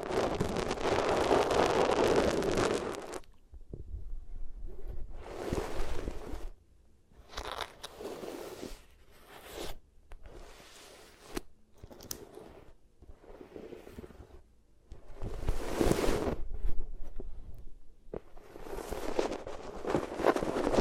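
Rubbing against the ears on different materials makes bursts of rough scraping and muffled rustle, separated by quiet gaps, loudest at the start and near sixteen seconds.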